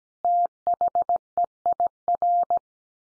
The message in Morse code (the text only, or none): THEIR